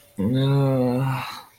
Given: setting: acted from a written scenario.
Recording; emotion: vocal sound without words; shame